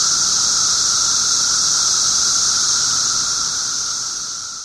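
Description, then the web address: Periodical cicada chorus, a continuous high-pitched buzzing hiss with a steady whine underneath, easing slightly softer near the end. 17-year periodical cicadas recorded 18 June 2007 at 1:00 pm. "cicadas 6 18 07 1 ' 00 pm. 17 yrcicada"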